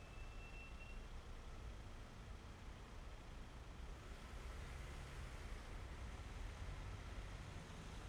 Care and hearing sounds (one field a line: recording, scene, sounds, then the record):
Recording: everyday scene through a hearing-aid microphone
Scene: in traffic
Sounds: traffic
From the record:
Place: main city hub, rush hour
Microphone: behind the ear, left, rear